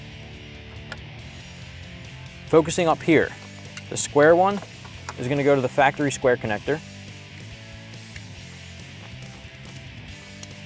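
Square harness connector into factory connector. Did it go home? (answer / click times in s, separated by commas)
yes / 10.4 s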